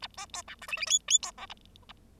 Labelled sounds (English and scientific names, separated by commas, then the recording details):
Bengalese Finch (Lonchura striata domestica) song
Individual Bird0